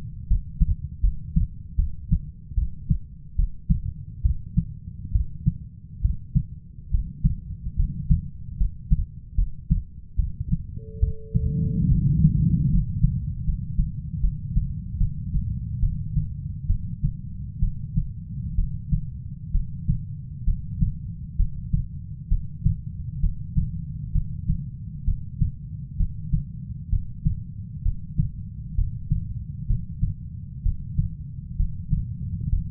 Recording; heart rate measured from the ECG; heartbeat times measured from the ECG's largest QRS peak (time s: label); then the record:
heart sounds by stethoscope; 69 bpm
0.28 s: heartbeat
1.01 s: heartbeat
1.76 s: heartbeat
2.55 s: heartbeat
3.36 s: heartbeat
4.22 s: heartbeat
5.12 s: heartbeat
6.01 s: heartbeat
6.91 s: heartbeat
7.76 s: heartbeat
8.57 s: heartbeat
9.35 s: heartbeat
10.16 s: heartbeat
11.00 s: heartbeat
11.88 s: heartbeat
12.70 s: heartbeat
13.45 s: heartbeat
14.21 s: heartbeat
14.98 s: heartbeat
15.80 s: heartbeat
16.67 s: heartbeat
17.60 s: heartbeat
18.55 s: heartbeat
19.52 s: heartbeat
20.44 s: heartbeat
21.36 s: heartbeat
22.28 s: heartbeat
23.20 s: heartbeat
24.12 s: heartbeat
25.05 s: heartbeat
25.97 s: heartbeat
26.89 s: heartbeat
27.82 s: heartbeat
28.75 s: heartbeat
29.67 s: heartbeat
30.63 s: heartbeat
31.56 s: heartbeat
32.49 s: heartbeat
From the record:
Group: healthy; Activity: rest 0-10 s, breath hold 10-33 s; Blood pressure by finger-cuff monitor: 136/64 mmHg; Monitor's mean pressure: 84 mmHg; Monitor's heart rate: 67 bpm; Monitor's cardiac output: 6.4 L/min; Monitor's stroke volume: 93 mL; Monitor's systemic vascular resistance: 960 dyn s/cm5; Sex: female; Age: 37 years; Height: 168 cm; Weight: 70 kg